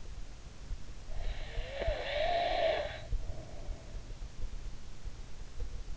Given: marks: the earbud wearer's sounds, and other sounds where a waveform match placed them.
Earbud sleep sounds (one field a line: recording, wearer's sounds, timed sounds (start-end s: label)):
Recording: sounds in sleep by an in-ear microphone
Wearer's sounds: breath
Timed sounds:
1.01-4.22 s: breath